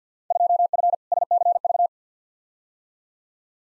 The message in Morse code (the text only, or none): 2F SCV